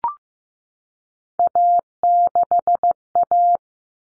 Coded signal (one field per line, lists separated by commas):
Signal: Morse code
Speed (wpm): 15 wpm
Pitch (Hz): 700 Hz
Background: none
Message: A6A